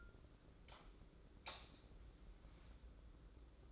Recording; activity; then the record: daily activity, microphone in the room; light on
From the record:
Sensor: 3